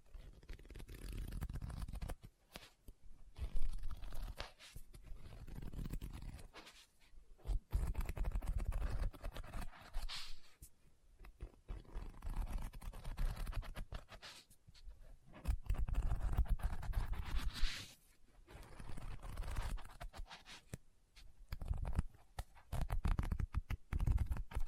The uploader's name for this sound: Book Tapping, Scratching, Page Turning